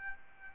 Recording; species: mosquito wingbeat signal from an infrared sensor; Aedes albopictus